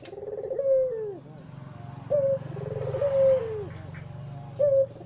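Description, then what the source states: Barbary dove giving rolling coos that end in a drawn-out falling note: the end of one phrase, one full phrase and the start of another, over a constant low rumbling hum. White Barbary dove (puter putih), recorded as a masteran training recording used to tutor songbirds.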